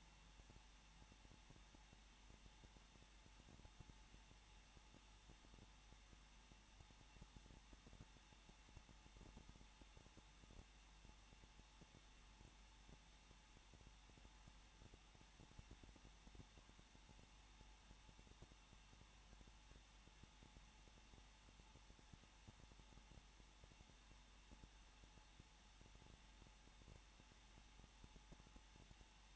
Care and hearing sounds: daily activity, microphone in the room; no activity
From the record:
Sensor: 1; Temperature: 20.1 degrees Celsius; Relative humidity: 39.4%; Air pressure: 1006.4 hPa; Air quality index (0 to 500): 219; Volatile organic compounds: 81 ppm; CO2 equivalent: 3617 ppm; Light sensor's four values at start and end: 1/2/1/1 and 1/2/1/1

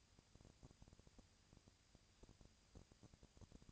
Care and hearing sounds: daily activity, microphone in the room; no activity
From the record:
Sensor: 2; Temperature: 20.3 degrees Celsius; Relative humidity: 37.0%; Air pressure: 998.7 hPa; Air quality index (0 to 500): 236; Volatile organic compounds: 38 ppm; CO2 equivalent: 3111 ppm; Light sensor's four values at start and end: 2/3/2/2 and 2/3/2/2

